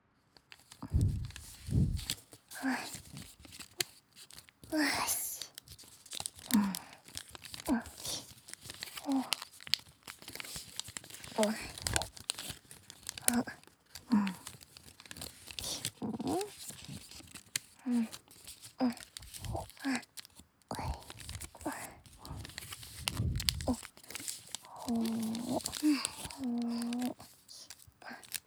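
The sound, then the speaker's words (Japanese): Soft, dry paper sounds: a finger sliding along folded origami paper in repeated brushing strokes, with light crinkles and taps throughout and a faint voice murmuring near the end. “髪を折って、スーってなぞる音。落ち着ける、気持ちのいい音だよね。”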